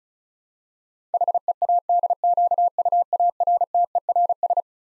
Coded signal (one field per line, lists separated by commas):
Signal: Morse code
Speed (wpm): 36 wpm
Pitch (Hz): 700 Hz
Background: none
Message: HEADQUARTERS